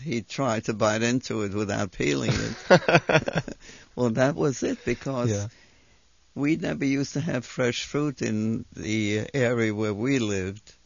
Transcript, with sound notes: He tried to bite into it without peeling it. (laughs) Well, that was it, because we never used to have fresh fruit in the area where we lived.